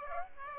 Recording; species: mosquito wingbeat signal from an infrared sensor; Aedes aegypti